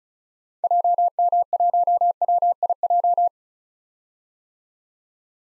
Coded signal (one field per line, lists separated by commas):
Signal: Morse code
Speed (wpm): 36 wpm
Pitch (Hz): 700 Hz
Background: none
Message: JM1WIJ